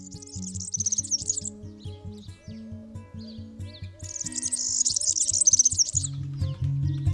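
European serin song: rapid, very high jingling and buzzy trills in two bursts, over loud low rhythmic tonal sounds that step up and down steadily.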